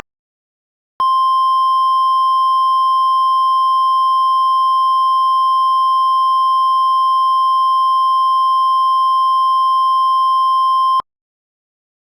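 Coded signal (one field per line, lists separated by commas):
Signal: Emergency Alert System (SAME) tones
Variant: 1050 Hz attention tone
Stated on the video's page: Fictional, simulated EAS tornado scenario.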